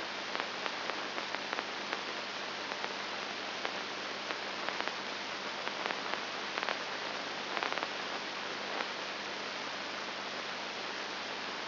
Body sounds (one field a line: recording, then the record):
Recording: brain microelectrode recording played as sound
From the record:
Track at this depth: inside the subthalamic nucleus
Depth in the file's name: 1.106 mm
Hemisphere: left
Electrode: 2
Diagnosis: Parkinson's disease